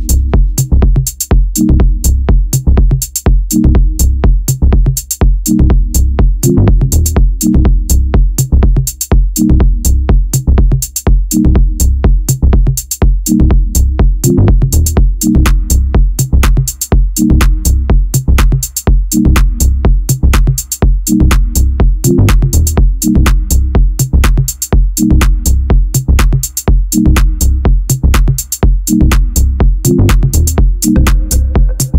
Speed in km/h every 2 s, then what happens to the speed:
24, 22, 21, 20, 20, 21, 18, 19, 24, 34, 37, 40, 42, 43, 41, 38.
0-13 steady at about 21. 13-26 speeds up to 43. 26-32 steady at about 41.